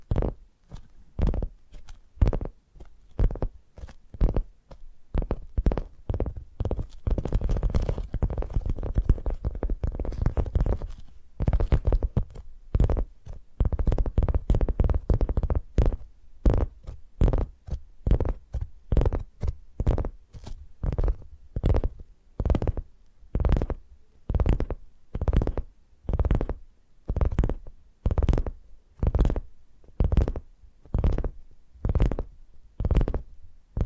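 Tapping triggers, with rapid dull taps and knocks in a fairly steady pulse, low and thumpy rather than bright. Between about 7 and 16 seconds the taps crowd together into a denser, busier patch, then settle back into evenly spaced strikes to the end.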